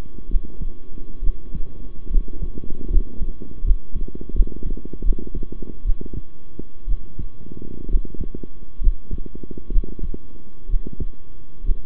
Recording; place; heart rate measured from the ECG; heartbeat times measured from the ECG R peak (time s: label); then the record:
heart sounds by stethoscope; between the tricuspid and mitral areas; 69 bpm
0.28 s: heartbeat
1.22 s: heartbeat
2.09 s: heartbeat
2.89 s: heartbeat
3.63 s: heartbeat
4.33 s: heartbeat
5.03 s: heartbeat
5.84 s: heartbeat
6.87 s: heartbeat
7.88 s: heartbeat
8.80 s: heartbeat
9.70 s: heartbeat
10.68 s: heartbeat
11.63 s: heartbeat
From the record:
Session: rest, sitting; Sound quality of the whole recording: good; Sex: male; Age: 23 years